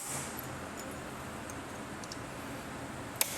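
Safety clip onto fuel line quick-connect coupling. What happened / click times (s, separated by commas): The plastic safety clip snapped on / 2.1 s, 3.2 s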